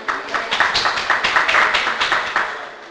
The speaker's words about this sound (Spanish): Respondan los alumnos del curso, no los organizadores. Muy bien, un aplauso acá para nuestro amigo.